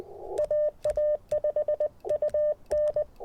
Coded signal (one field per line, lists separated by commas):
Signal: Morse code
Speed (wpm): 20 wpm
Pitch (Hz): 600 Hz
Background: none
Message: AA5UN